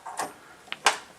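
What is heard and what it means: A primer is pressed with a hand priming tool into the primer pocket of a brass .270 Winchester rifle case. After soft handling noises near the start, a sharp tick at 0.7 s and a louder click at 0.9 s are heard. The primer ends up seated flush in the case, not sticking out.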